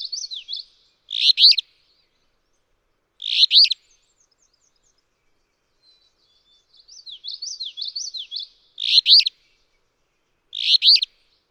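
Alder flycatcher singing four short, raspy two-part phrases at uneven gaps, with softer high twittering in between.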